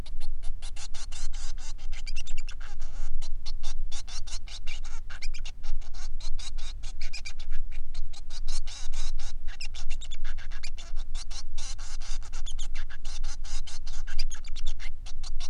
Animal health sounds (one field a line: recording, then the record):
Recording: song of a male Bengalese finch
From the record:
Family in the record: son of father 3